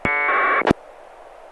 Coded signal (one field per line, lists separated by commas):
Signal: packet radio (AX.25, as in APRS)